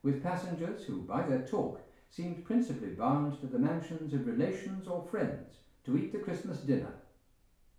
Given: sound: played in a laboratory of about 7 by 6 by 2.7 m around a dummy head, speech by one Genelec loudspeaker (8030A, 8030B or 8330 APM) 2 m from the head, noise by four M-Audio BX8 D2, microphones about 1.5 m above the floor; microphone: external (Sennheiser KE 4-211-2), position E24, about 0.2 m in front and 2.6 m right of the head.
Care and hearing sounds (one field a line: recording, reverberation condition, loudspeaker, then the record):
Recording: male speech in English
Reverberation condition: medium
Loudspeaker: 60 degrees to the right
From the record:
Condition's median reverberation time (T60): about 510 ms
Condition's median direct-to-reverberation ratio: about -0.5 dB